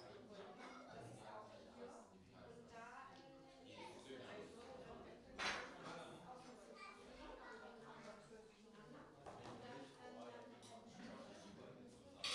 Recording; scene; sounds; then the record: everyday scene through a hearing-aid microphone; many people talking; many voices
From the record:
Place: parish hall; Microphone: in the ear canal, right